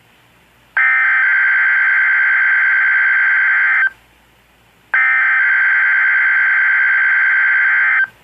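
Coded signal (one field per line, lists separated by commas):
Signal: Emergency Alert System (SAME) tones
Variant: header bursts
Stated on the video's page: NOAA Weather Radio Required Weekly Test from the Grass Valley station on 162.40 MHz, received through a radio streaming app on a tablet.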